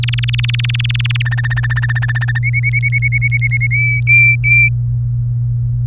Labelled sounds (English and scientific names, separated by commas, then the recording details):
Domestic Canary (Serinus canaria) song
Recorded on 24 April 2018 at 17:22
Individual llb3